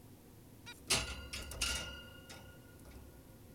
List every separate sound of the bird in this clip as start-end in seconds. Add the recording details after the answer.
0.67-0.74. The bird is an adult. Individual g17y2U